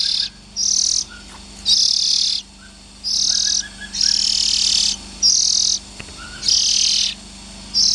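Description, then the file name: Oriental magpie-robin harsh calls, buzzy high rasping bursts repeated with short gaps, with faint soft lower chirps in between. Young birds. "Tieng chim chich choe than non"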